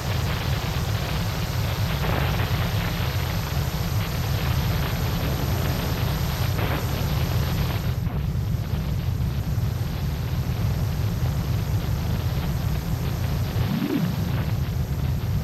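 Shortwave radio static from a voltage controlled experiment, a dense steady hiss with a heavy low rumble underneath. Brief brighter sweeps pass around two and seven seconds, the top thins after eight seconds, and a short rising tone bends upward near fourteen seconds.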